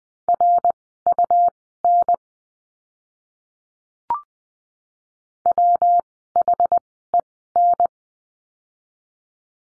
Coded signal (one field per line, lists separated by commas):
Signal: Morse code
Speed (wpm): 20 wpm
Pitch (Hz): 700 Hz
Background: none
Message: RUN WHEN